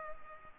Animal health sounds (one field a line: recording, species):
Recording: mosquito wingbeat signal from an infrared sensor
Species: Culex pipiens